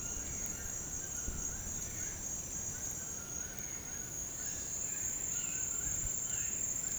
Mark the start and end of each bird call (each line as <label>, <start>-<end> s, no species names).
bird call, 0.00-6.99 s